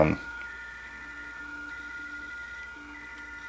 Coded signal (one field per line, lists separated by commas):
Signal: PSK31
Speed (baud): 31.25 baud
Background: speech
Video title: Tutorial on how to decode BPSK31 digital signal on FLDIGI